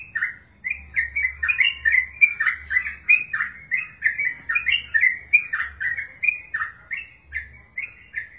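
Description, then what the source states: Fast, jumbled bulbul chatter of lively bouncing notes running almost without pause, with a soft low hum beneath. Wild bird, locally called trucukan.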